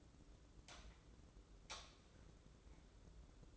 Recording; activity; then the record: daily activity, microphone in the room; light on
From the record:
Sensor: 3